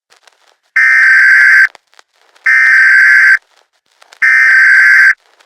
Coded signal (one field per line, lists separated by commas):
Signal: Emergency Alert System (SAME) tones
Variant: header bursts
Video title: Eas scenario- let them consume you